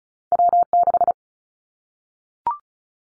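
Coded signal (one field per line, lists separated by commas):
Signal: Morse code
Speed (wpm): 34 wpm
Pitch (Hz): 700 Hz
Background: none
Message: W6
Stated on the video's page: Morse code drill at 35 wpm of callsign prefixes for the top 25 DXCC entities, each prefix sent three times, then spoken, then sent again, for head-copy practice.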